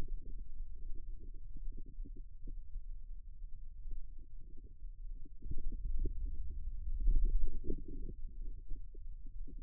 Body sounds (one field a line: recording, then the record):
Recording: forearm muscle sounds (acoustic myography)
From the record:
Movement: wrist extension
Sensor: system 2, bracelet of six BSWA MPA416 microphones around the upper forearm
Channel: 4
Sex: male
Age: 22 years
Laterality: right